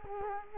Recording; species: mosquito wingbeat signal from an infrared sensor; Culex quinquefasciatus